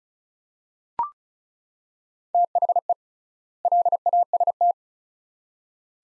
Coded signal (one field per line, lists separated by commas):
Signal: Morse code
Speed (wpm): 36 wpm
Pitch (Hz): 700 Hz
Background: none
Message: THE LAST